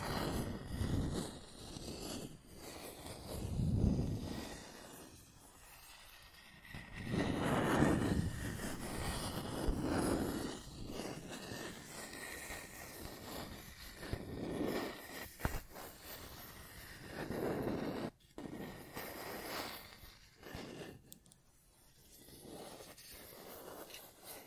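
Scratching and tracing sounds fill the recording as rough, uneven strokes that swell and fade. The louder rasping bursts come near 4, 8 and 15 seconds. Between them runs a low, rumbling scrape with a faint steady tone above it.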